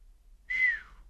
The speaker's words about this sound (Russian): Но вот тихий знакомый свист в ответ подсказал, опасность миновала.